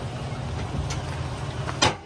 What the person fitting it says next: вот она встала на место всё